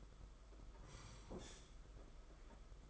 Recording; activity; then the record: daily activity, microphone in the room; sit down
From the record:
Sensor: 5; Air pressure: 991.8 hPa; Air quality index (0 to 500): 141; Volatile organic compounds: 123 ppm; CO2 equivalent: 3892 ppm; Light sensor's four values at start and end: 32/108/40/43 and 32/108/40/43